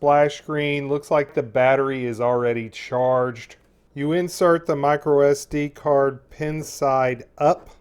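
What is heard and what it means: A microSD card is being handled pin side up at the spring-loaded card slot of a ClearClick HD Video Capture Box Ultimate 4K Edition, a standalone video capture box. Someone talks throughout in a small, dry-sounding space. Nothing has seated or clicked yet.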